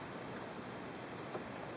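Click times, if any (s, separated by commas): none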